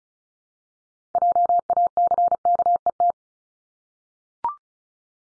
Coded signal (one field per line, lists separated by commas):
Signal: Morse code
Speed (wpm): 36 wpm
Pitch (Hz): 700 Hz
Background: none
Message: JACKET